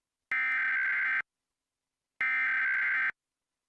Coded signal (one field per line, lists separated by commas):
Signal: Emergency Alert System (SAME) tones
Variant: header bursts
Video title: 2023 NATIONAL PERIODIC EAS TEST